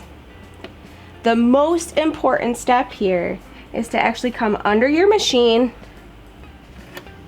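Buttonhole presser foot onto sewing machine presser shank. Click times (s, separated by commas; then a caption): 0.6 s. An automatic buttonhole presser foot is lined up under the presser shank of a Singer Heavy Duty sewing machine, and the shank is lowered onto it. A sharp tick at 0.6 s marks the foot clicking into place on the shank, followed by someone talking and another brief tick near 7.0 s.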